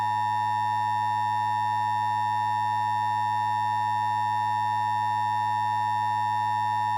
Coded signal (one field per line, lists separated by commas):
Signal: Emergency Alert System (SAME) tones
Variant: 853 and 960 Hz attention tone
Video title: EAS Mock #10.2: The Great Lake Erie Earthquake Part 2